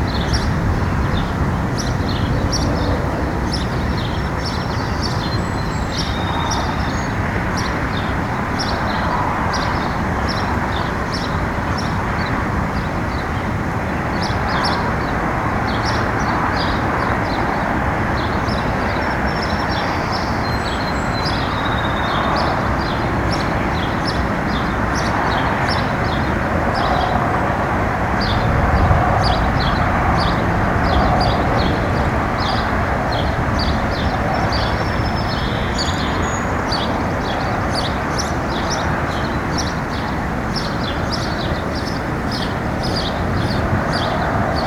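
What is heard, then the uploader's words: A suburban outdoor scene with a steady, dense wash of low traffic rumble from passing vehicles. Above it, small birds chirp and tick in frequent short bursts throughout, brighter, while the overall level stays even for the whole stretch. Peaceful Day Outside in the Suburbs.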